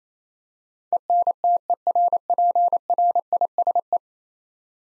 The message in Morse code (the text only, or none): ENTERPRISE